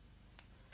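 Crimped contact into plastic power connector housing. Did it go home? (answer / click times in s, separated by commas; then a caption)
no / none. A crimped contact is being pushed into a plastic Anderson Powerpole power connector housing, with a short, sharp tick at about 0.4 s and a fainter one near 0.7 s over a steady low hum. The contact is handled but not yet home: nothing has seated or clicked into the housing yet.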